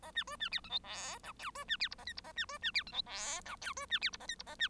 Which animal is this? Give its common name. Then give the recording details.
Bengalese Finch. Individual Bird1